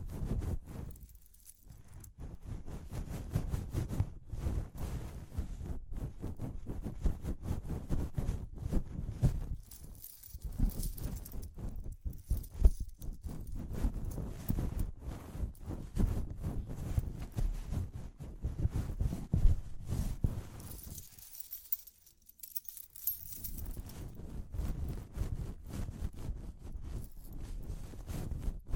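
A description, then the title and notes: Dense tapping and scratching, like ear cleaning, with rapid irregular clicks and a heavy low thump. The activity pauses briefly near 1, 10 and 21–23 seconds, and faint bright jingles drift in and out around the middle and later parts. ASMR Relaxing Tapping, Scratching, Ear Cleaning with Jingling Sounds (No Talking).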